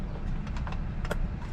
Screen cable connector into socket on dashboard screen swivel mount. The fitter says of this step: there we go nice firm click right in